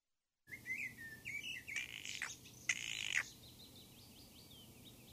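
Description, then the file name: Spotted nutcracker giving a few harsh, rasping bursts, while thin high chirps and twittering notes from smaller birds run throughout. "Nocciolaia"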